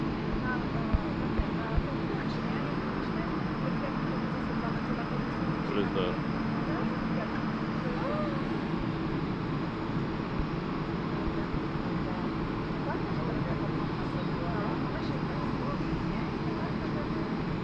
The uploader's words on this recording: Airplane waiting for departure. Waiting to leave San Antonio.